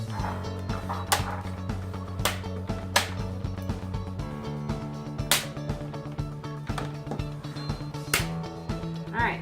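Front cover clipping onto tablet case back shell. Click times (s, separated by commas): 1.1 s, 2.2 s, 3.0 s, 5.3 s, 8.1 s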